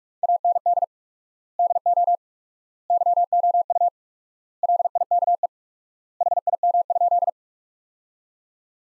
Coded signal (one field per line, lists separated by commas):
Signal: Morse code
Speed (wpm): 41 wpm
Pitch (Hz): 700 Hz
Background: none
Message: AND DO YOU LIKE HIM?